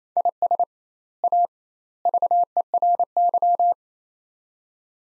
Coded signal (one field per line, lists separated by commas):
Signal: Morse code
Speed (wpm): 27 wpm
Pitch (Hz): 700 Hz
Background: none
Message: IS A VERY